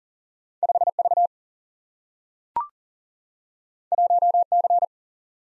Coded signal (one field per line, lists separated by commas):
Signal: Morse code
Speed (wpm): 40 wpm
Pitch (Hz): 700 Hz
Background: none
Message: 5V 1C